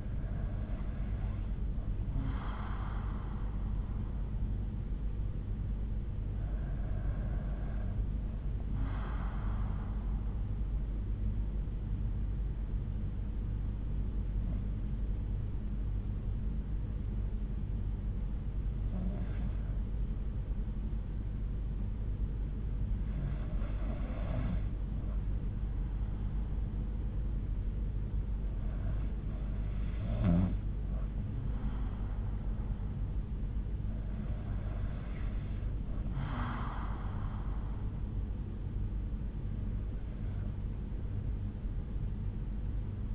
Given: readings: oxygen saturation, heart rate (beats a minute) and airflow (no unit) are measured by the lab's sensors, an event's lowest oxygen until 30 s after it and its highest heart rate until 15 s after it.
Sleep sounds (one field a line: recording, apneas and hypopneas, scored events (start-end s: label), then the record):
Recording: breathing in sleep by a smartphone at the bedside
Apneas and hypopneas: 1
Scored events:
11.00-36.20 s: hypopnea (N2, oxygen 94% highest, then 90% lowest, heart rate 61 at the start, 65 highest)
27.00-43.15 s: new sleep stage, REM sleep
From the record:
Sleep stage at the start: N2 (light sleep)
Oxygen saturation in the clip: 90 to 94%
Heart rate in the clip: 59 to 66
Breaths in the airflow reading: 8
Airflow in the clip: -4.4 to 4.0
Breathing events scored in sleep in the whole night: 368 in 8.0 hours asleep